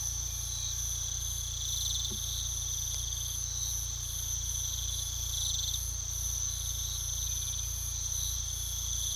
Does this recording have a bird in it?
no